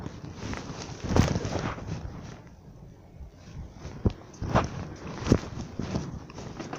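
A pig being shooed out trots about on a hard floor, its hooves making irregular, scuffing taps punctuated by a few sharper knocks, with a steady low rumble underneath and no voices.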